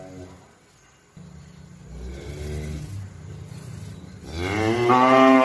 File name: suara sapi